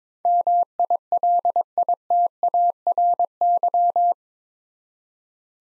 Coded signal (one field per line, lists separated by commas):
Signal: Morse code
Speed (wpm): 22 wpm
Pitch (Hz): 700 Hz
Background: none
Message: MILITARY